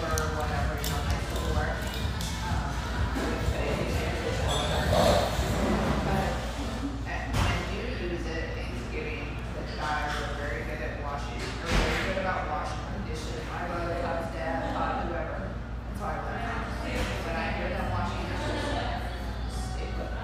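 Lively chatter fills a spacious tea room, many overlapping voices forming a dense, steady murmur throughout. Sharp clinks and knocks cut through now and then, notably near five, seven and twelve seconds, over a constant low hum.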